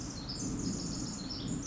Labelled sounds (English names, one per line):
Pacific Wren